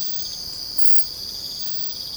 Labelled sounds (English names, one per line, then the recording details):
none
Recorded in secondary vegetation near Puerto Asís, Putumayo, Colombia, on 22 December 2024 at 05:00
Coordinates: 0.499, -76.323
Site G010